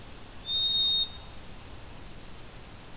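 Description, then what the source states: White-throated Sparrow whistled song: one steady lower note, then a step up to a higher pitch held in a string of several unevenly broken whistles. A couple of birds singing on a summer day in Flamborough, Ontario, Canada; song remembered as 'Oh sweet Canada, Canada'.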